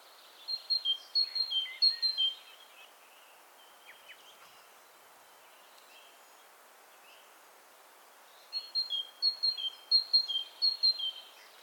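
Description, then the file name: Great tit giving a burst of seesawing whistles, a pause with faint chirps and light background hiss, then a second burst of the same phrase. "Parus major"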